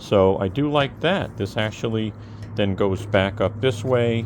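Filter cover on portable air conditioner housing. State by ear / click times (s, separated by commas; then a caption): not seated / none. A filter cover on an EcoFlow Wave 2 portable air conditioner housing is being swung back up toward its place while someone talks over a steady low hum. Nothing has seated or clicked yet; the cover is not yet home when the clip ends.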